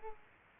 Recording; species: mosquito wingbeat signal from an infrared sensor; Culex quinquefasciatus